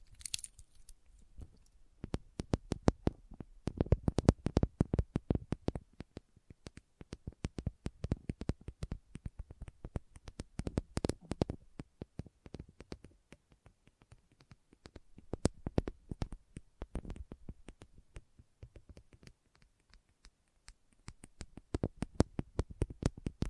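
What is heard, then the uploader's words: A Christmas trigger assortment with no talking: dense, rapid clicks and crackles in bursts, like crinkling, tapping or crunching. The bursts swell and fade every few seconds, busiest around 4, 11 and 17 seconds, with brief quieter gaps between. Christmas Trigger Assortment (No Talking).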